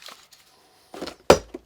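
After the bit is removed, the quick-release depth lock clamp lever on the base of a Ryobi 18V One+ palm trim router is closed, and it seats with a sharp snap at 1.3 s. Faint handling rustles come before it, and another sharp click sounds at the very end of the clip.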